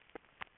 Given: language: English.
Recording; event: throat vibration sensor signal played as sound; swallow